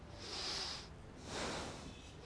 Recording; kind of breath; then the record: one breath in and out by a microphone near the nose and mouth; deep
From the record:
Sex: male